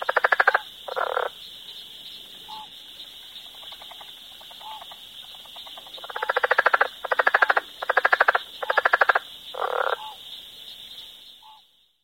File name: Southern Leopard Frog